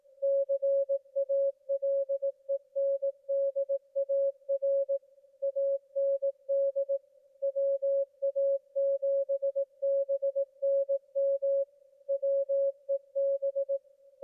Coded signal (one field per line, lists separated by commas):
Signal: Morse code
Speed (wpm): 18 wpm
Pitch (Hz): 550 Hz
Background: music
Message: CALENDAR AND WA7BNM WEB